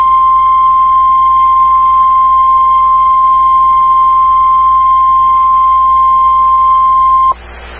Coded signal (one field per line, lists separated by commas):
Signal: Emergency Alert System (SAME) tones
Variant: 1050 Hz attention tone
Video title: EAS #55: NWR Required Weekly Test- Feb. 18, 2015- 11:01AM PST